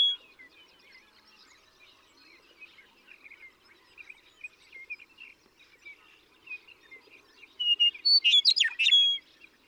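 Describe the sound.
Western meadowlark gives a loud, rich gurgling song near the end, after several seconds of soft chirps and twitters.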